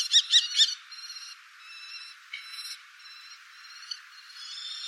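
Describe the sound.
Bird calling with three loud, rich, rapid notes, then a string of softer, thin chirps and short buzzy notes spread across the rest.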